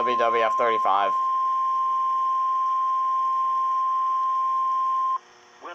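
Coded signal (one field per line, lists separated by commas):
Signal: Emergency Alert System (SAME) tones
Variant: 1050 Hz attention tone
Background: speech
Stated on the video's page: Severe thunderstorm warning EAS alert received on NOAA Weather Radio station WWF35.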